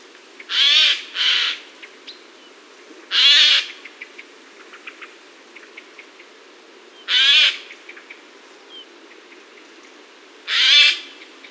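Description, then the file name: Eurasian jay giving harsh, rasping screeches: a quick pair, then three single calls a few seconds apart, over a faint steady background hiss. "garrulus glandarius"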